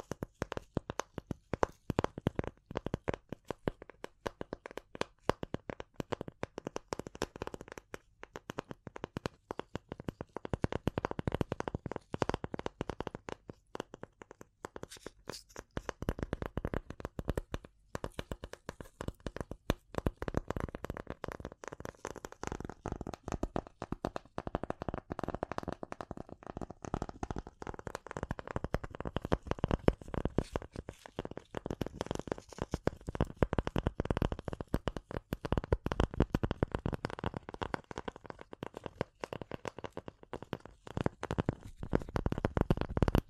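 Dense, fast tapping and scratching runs for the whole 43 seconds, a papery rustle of quick clicks much like shuffled cards. The texture stays busy and crisp. Around 20 to 30 seconds a smoother, swirling scratch sweeps up and down beneath the taps.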